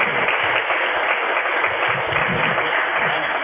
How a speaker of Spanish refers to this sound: Lo quiero saludar, un aplauso para él.